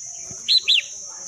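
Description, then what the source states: Red-whiskered bulbul giving two short, arched, whistled notes in quick succession against a steady high whine. Wild bird; Vietnamese song style called "giọng rừng" (forest voice).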